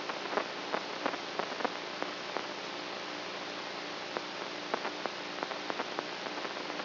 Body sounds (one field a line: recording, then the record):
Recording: brain microelectrode recording played as sound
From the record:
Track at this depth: outside the subthalamic nucleus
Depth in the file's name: 5.001 mm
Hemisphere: right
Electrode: 3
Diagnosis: Parkinson's disease